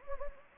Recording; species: mosquito wingbeat signal from an infrared sensor; Anopheles gambiae